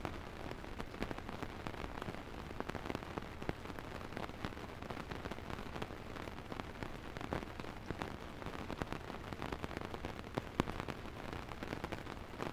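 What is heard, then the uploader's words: Rain drums steadily on the top of a tent, a dense, even patter with countless sharp drop taps scattered throughout. The level holds constant for the whole stretch, with a soft low rumble underneath and no pauses or build. The Sound of Camping In The Rain. The soothing sound of rain hitting the top of a tent.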